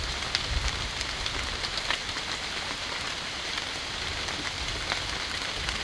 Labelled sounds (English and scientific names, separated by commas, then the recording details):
none
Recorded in dense forest near Puerto Asís, Putumayo, Colombia, on 24 June 2025 at 14:00
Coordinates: 0.499, -76.324
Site G100